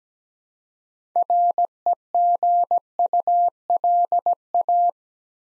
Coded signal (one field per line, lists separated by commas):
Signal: Morse code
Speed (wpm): 17 wpm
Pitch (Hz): 700 Hz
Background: none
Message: REGULA